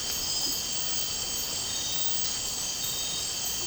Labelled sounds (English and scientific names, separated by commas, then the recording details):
none
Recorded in dense forest near Puerto Asís, Putumayo, Colombia, on 12 March 2025 at 01:30
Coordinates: 0.467, -76.328
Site G041